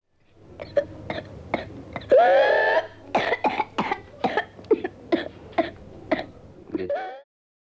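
A child's rapid runs of short, sharp coughs, about a dozen in all, break once for a long, high-pitched, crowing in-breath, and a shorter rising whoop follows the final coughs. This paroxysmal coughing with an inspiratory whoop is typical of pertussis (whooping cough).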